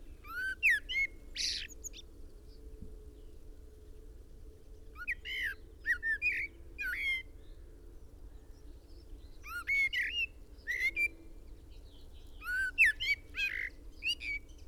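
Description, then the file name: Common blackbird song: several phrases of rich fluty whistles and high chattering squeaks, spread throughout, above a soft continuous hum. "Turdus merula"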